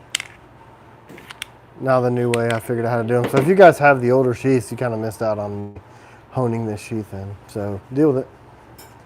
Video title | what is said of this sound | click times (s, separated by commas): My First Show trial run | Look. You hear it click? | 0.1 s